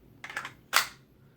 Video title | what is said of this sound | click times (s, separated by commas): What is the Best Concealed Carry Position? | into place has a nice audible click and | 0.2 s, 0.8 s